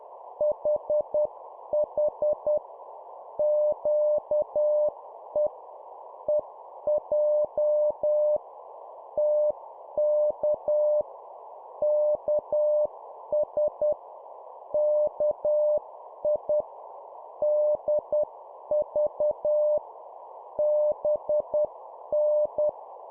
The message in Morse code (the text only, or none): HH QE EJ TK KS KI DV BN